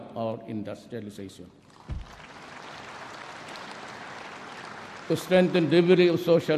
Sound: applause